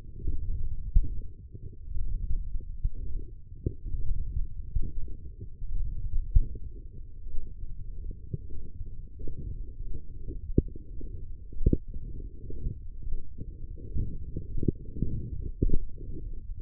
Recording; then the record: forearm muscle sounds (acoustic myography)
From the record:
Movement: wrist extension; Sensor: system 1, eight BSWA MPA416 microphones around the upper forearm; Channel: 3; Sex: male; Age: 21 years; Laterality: right